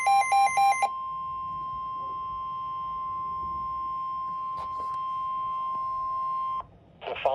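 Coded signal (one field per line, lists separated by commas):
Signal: Emergency Alert System (SAME) tones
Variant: 1050 Hz attention tone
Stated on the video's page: Weather radio EAS alerts for a slight risk threat, compiled.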